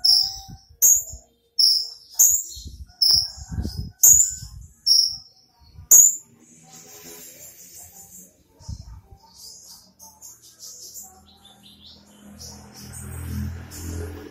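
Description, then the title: Small bird giving a run of single high, sharp chirps, then falling quiet amid low background noise. "Burung Kecil"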